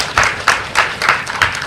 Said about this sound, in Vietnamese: Dạ, cảm ơn chị. Một tràng pháo tay nữa không ạ?